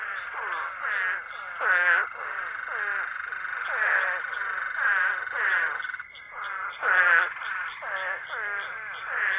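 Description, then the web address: Hurter's spadefoot chorus of short, harsh calls overlapping almost constantly, with several louder bursts over a steady background tone. North America. "Songs of Frogs Toads of North America. Hurters Spadefoot"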